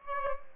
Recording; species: mosquito wingbeat signal from an infrared sensor; Aedes albopictus